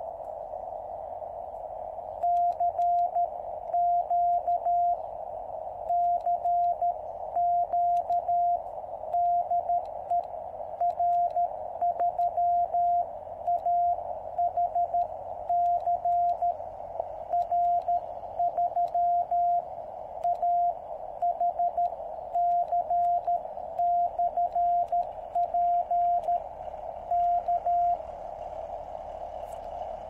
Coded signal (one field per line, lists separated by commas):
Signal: Morse code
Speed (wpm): 13 wpm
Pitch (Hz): 700 Hz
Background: radio noise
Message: CQ CQ DE R3AHC R3AHC/P K